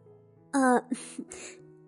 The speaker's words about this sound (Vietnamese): Tô San đỏ mặt, cúi đầu, do dự dự hồi lâu, cuối cùng mới ho nhẹ một tiếng nói.